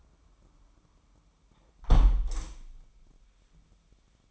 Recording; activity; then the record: daily activity, microphone in the room; close window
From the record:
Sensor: 1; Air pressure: 998.6 hPa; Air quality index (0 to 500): 139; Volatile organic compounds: 4 ppm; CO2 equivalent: 1674 ppm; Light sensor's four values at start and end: 11/27/11/13 and 11/26/11/13